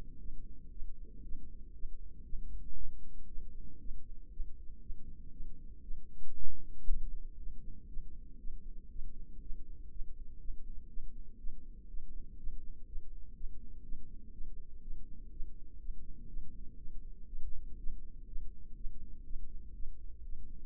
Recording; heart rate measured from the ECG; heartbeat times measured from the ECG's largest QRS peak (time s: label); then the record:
heart sounds by microphone in the left ear; 120 bpm
0.20 s: heartbeat
0.72 s: heartbeat
1.24 s: heartbeat
1.75 s: heartbeat
2.25 s: heartbeat
2.76 s: heartbeat
3.28 s: heartbeat
3.81 s: heartbeat
4.32 s: heartbeat
4.82 s: heartbeat
5.32 s: heartbeat
5.83 s: heartbeat
6.36 s: heartbeat
6.88 s: heartbeat
7.38 s: heartbeat
7.89 s: heartbeat
8.39 s: heartbeat
8.91 s: heartbeat
9.42 s: heartbeat
9.91 s: heartbeat
10.40 s: heartbeat
10.89 s: heartbeat
11.39 s: heartbeat
11.89 s: heartbeat
12.39 s: heartbeat
12.88 s: heartbeat
13.36 s: heartbeat
13.84 s: heartbeat
14.33 s: heartbeat
14.82 s: heartbeat
15.32 s: heartbeat
15.80 s: heartbeat
16.29 s: heartbeat
16.78 s: heartbeat
17.28 s: heartbeat
17.79 s: heartbeat
18.28 s: heartbeat
18.77 s: heartbeat
19.25 s: heartbeat
19.75 s: heartbeat
20.24 s: heartbeat
From the record:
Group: healthy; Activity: rest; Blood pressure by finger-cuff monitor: 136/74 mmHg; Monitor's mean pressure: 90 mmHg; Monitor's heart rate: 120 bpm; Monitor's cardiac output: 9.6 L/min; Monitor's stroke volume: 79 mL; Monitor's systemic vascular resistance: 690 dyn s/cm5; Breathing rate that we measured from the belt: 22 breaths a minute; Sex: female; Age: 19 years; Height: 163 cm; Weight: 51 kg